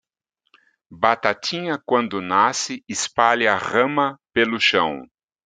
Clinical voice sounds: short text; Brazilian Portuguese; male; 60 to 69 years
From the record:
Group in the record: control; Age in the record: 64 years

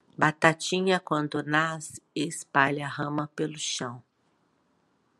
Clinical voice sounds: short text; Brazilian Portuguese; female; 60 to 69 years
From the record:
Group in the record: control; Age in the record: 60 years

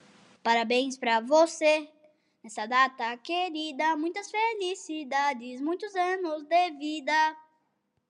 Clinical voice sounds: short text; Brazilian Portuguese; male; 40 to 49 years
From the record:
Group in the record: control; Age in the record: 45 years

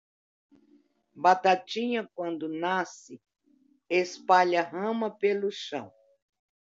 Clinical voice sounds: short text; Brazilian Portuguese; female; 70 to 79 years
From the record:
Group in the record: control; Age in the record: 73 years

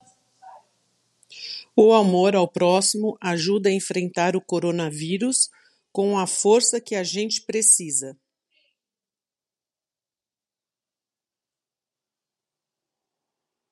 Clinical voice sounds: spoken sentence; Brazilian Portuguese; female; 50 to 59 years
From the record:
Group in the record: control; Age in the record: 51 years

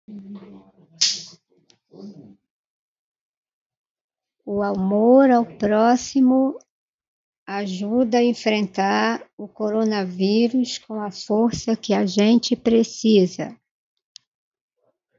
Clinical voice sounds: spoken sentence; Brazilian Portuguese; female; 50 to 59 years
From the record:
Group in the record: control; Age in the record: 51 years

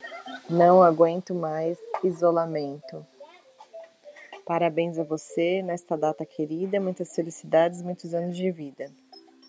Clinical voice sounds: short text; Brazilian Portuguese; female; 30 to 39 years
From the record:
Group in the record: control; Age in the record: 37 years

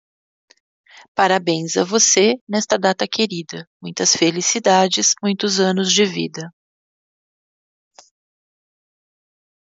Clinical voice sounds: short text; Brazilian Portuguese; female; 50 to 59 years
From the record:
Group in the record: control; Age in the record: 55 years

